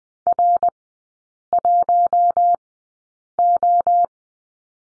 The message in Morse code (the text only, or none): R1O